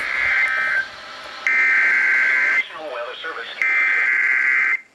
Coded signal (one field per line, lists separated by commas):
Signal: Emergency Alert System (SAME) tones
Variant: header bursts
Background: speech